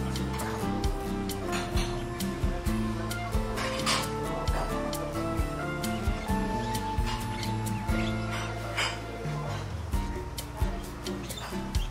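Seaside cafe ambience with a dense, steady murmur of overlapping voices and low tones. Sharp clinks and clatter of cups and dishes pop up every second or so, and occasional bird chirps flicker above the constant chatter.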